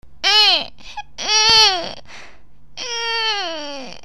Crying baby.